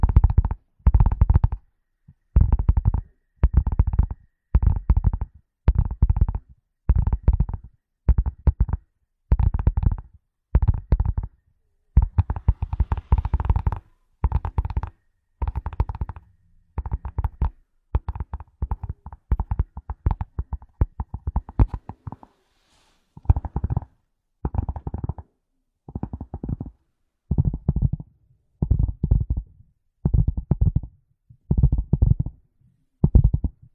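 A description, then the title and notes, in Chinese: Knocking sounds repeat in short bursts, each a quick cluster of dull, low thuds with a faint ringing tone above. The bursts come roughly every second, crowding closer together between about 12 and 22 seconds, then spacing out again. Dry, with silence between. 舒缓解压的敲击音。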